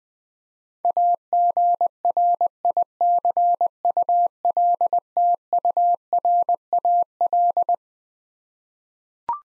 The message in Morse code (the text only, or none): AGRICULTURAL